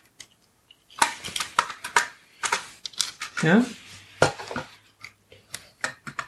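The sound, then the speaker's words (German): Sharp plastic clicks and clacks in an irregular series, with several crisp snaps as plastic toy pieces, a cave and a container, are pressed together, while a person speaks briefly over the handling noise. “So, jetzt klicken wir die Höhle mit dem Container zusammen.”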